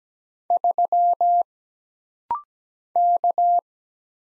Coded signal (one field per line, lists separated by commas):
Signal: Morse code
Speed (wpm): 17 wpm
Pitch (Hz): 700 Hz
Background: none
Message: 3 K